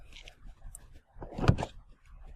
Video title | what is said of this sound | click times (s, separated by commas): Tesla Model 3 How To Supercharge | it in you'll hear it lock | 1.5 s